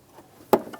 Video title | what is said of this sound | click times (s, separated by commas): How to Replace Right Transmission Cooler Line 2002-2009 Chevrolet Trailblazer 4.2L | we go, get a nice click from that one. | 0.5 s